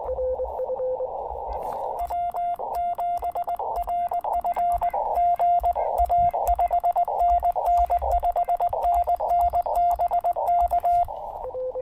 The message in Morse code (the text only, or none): W7RF GA 5NN 5NN BK